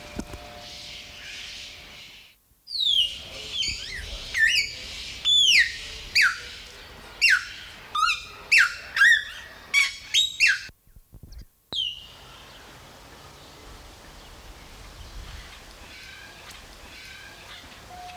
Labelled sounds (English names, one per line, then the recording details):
Red-fronted Macaw
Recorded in captivity
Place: Zoo Berlin, Berlin, DE
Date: 1995-07-22 18:49
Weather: heiter, 20-22°C
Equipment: Sony WM-D6C, Sennheiser ME 80, Kopie Uher 4000 Report Monitor
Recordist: Tembrock, Günter